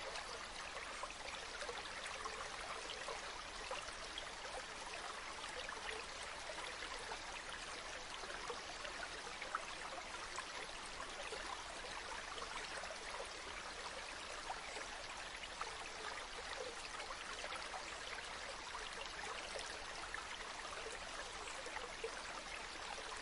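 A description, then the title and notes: A river runs steadily, its rushing water forming a dense, even hiss that barely changes over the whole stretch. The sound sits mostly in the middle and upper range, with little low rumble, and bright splashes and trickles flicker constantly within it. Running River Sleep Sounds. Running river, stream, water.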